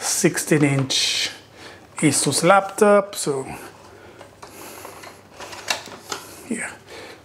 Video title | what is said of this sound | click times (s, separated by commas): Desktop 6 in 1 Multi Arm Stand Setup | oh it locks in place | 5.7 s